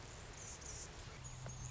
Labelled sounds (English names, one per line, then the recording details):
Anna's Hummingbird
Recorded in Sonoma County, California